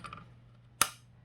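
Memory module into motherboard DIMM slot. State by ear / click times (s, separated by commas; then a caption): seated / 0.8 s. A RAM stick is pressed down into a motherboard memory slot until the plastic retention tab snaps shut. After a faint tick at 0.1 s and low hum, a sharp, bright click is heard at 0.8 s, fading quickly. The module is seated, with the tab clicked closed.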